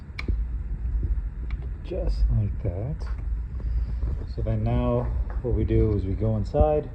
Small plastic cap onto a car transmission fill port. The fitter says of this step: make sure he goes on straight and that it snaps in place